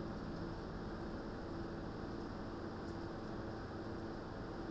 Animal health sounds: poultry house recording; no chicken sound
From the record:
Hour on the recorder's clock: 18

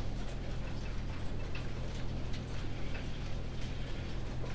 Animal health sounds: poultry house recording; no chicken sound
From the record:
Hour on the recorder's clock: 19

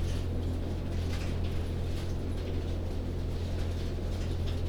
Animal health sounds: poultry house recording; no chicken sound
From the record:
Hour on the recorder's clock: 23

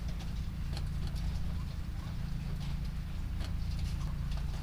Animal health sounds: poultry house recording; sick chickens (respiratory disease)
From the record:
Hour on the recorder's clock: 23

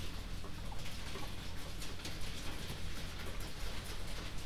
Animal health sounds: poultry house recording; healthy chickens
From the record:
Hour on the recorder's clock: 21

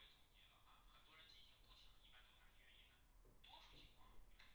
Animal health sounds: poultry house recording; no chicken sound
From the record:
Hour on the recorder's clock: 10

